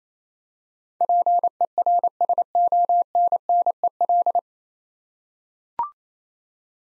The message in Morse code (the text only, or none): PERSONNEL